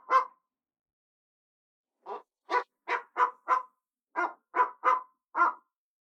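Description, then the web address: Bateleur giving short, harsh barking chirps, one isolated note then a loose series of about nine clipped notes spaced roughly half a second apart, no other sounds. "eagle bateleur chirp"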